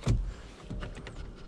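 A steering wheel is lined up and handled onto the tightened steering column of a Ford Focus, with a low thump near the start and two short, sharp taps at about 0.8 and 1.1 seconds. Nothing has seated or clicked yet.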